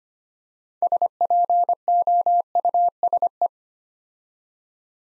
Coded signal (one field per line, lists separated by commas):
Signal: Morse code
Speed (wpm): 25 wpm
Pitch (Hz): 700 Hz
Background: none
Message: SPOUSE